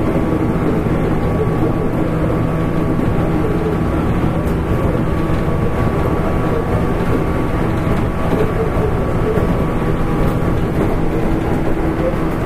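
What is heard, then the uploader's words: A 415 series local train on the Nagasaki line runs steadily, with a dense low rumble and rattle that stays even throughout. Faint steady tones hum above the roar, and a few brief clacks and knocks stand out around the middle. It is a running sound of the 415 series train of the Kyushu Railway Company. I recorded on a local train on the Nagasaki line. The section is from Saga to Tosu.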